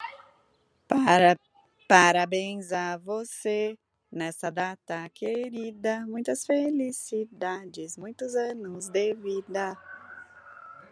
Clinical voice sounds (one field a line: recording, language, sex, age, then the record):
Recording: short text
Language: Brazilian Portuguese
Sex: female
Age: 40 to 49 years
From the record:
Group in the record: control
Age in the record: 42 years